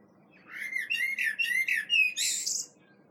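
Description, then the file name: Common blackbird calls as a quick series of five or six shrill, chattering notes ending in a harsh higher squeak, over faint low hum. "Turdus merula"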